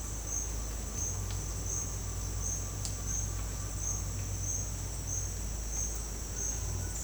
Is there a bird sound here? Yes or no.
no